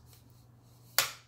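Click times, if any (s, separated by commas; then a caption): 1.0 s. The extendable aluminum shaft of a Trimaco EZ-UP dust containment pole is moved until its spring-loaded steel button pin, behind a yellow button, snaps into the locking recess. After a quiet stretch with a low steady hum, one sharp, bright click comes at 1.0 s and fades quickly. The pin is seated and locked in place.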